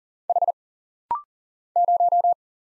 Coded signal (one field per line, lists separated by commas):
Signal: Morse code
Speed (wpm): 40 wpm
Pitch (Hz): 700 Hz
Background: none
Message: H 0